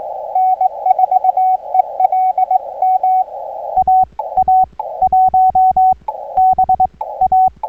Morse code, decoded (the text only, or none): N4ELM AA1BA